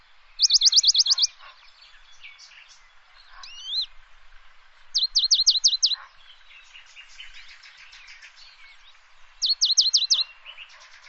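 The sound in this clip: Bird repeating a fast, high-pitched stuttering trill roughly every four and a half seconds, with assorted softer whistles and chirps in between.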